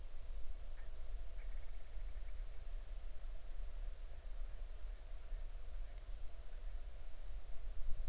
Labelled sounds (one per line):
grouse or ptarmigan